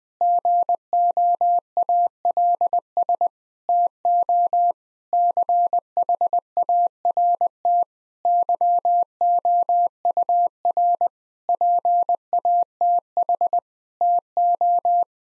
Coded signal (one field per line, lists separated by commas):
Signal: Morse code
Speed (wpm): 20 wpm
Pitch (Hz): 700 Hz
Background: none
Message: GOALS TO CHART YOUR PATH TO